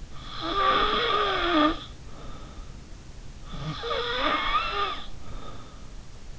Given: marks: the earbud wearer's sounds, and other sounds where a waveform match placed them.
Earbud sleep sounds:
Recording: sounds in sleep by an in-ear microphone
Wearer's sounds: snoring breath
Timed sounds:
0.08-2.76 s: snoring breath
3.44-5.94 s: snoring breath

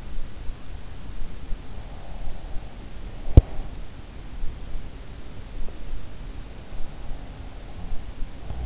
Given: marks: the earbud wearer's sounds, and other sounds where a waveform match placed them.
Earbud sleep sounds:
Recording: sounds in sleep by an in-ear microphone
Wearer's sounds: teeth grinding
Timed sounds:
3.13-3.82 s: teeth grinding

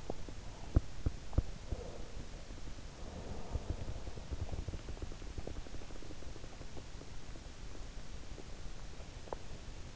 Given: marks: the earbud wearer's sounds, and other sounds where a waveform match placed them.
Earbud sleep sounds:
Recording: sounds in sleep by an in-ear microphone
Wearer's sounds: teeth grinding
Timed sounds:
0.00-2.18 s: teeth grinding

